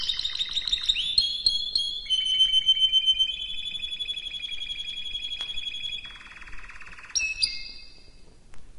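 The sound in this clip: Canary song, a long unbroken run of rapid high trills and rolling notes, shifting pitch between sections, with a lower buzzy rattle near the end.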